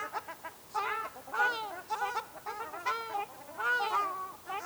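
Ruddy shelduck calls, nasal, harmonic honks in short irregular bursts.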